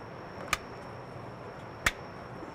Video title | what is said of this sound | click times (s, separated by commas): Polaris Boost Intake Manifold Install - Bikeman Performance Installation Nation | you hear it lock into position | 1.9 s